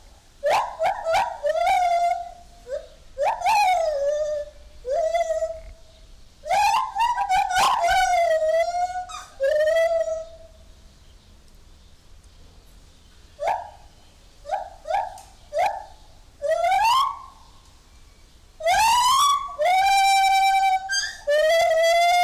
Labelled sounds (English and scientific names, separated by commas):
Lar Gibbon (Hylobates lar)